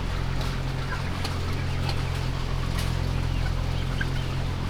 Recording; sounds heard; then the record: poultry house recording; healthy chickens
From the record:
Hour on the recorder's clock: 15